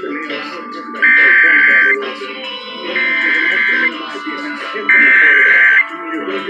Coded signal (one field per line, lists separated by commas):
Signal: Emergency Alert System (SAME) tones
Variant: header bursts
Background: speech